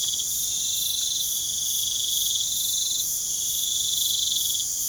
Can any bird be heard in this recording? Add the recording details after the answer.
no. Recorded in pastures near Puerto Asís, Putumayo, Colombia, on 24 June 2025 at 01:00. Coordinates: 0.497, -76.327. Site G040